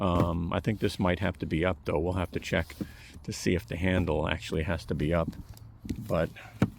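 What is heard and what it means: A cordless tool battery pack is handled at the battery bay of an EGO 3 Gallon Wet Dry Vac (WDV0300) while someone talks throughout. Nothing has seated or clicked yet in this clip; the pack has not locked into the vacuum.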